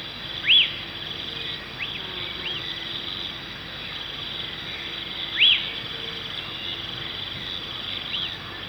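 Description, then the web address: Lesser elaenia calls with brief down-slurred arched notes, two prominent ones roughly five seconds apart and softer similar notes between, against a steady shrill insect chorus. Recorded in Ecuador. "Birds of Ecuador. Lesser Elaenia"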